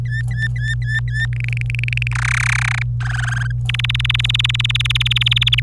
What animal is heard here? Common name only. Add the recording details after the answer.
Domestic Canary. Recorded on 26 April 2018 at 09:30. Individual llb3